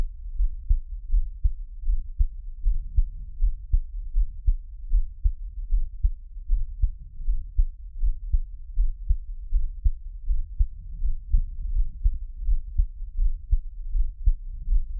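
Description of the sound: Steady low thumps at about 80 beats a minute: an adult's normal heartbeat, heard close up as Taiwanese ASMR, with no talking.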